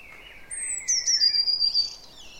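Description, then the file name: Eurasian blue tit song, a single sharp high note then a quick falling trill, over a soft lower whistle. "Cyanistes caeruleus"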